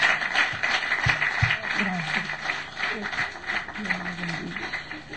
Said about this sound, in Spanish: Démosle un aplauso al Señor por siervas como ellas.